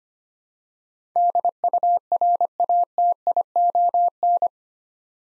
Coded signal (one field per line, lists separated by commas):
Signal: Morse code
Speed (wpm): 25 wpm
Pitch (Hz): 700 Hz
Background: none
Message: DURATION